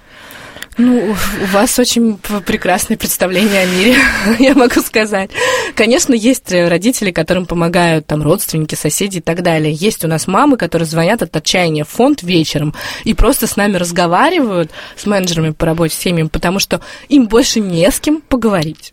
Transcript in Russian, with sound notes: Ну, у Вас очень прекрасное представление о мире, я могу сказать! (Смеется.) Конечно, есть родители, которым помогают родственники, соседи и так далее. Есть у нас мамы, которые звонят от отчаянья в Фонд вечером и просто с нами разговаривают, с менеджерами по работе с семьями, потому что им больше не с кем поговорить.